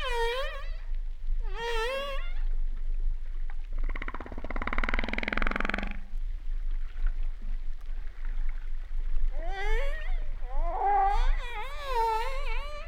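Humpback whale song: wavering, whining harmonic cries, a rough buzzing burst in the middle, then more warbling, undulating cries.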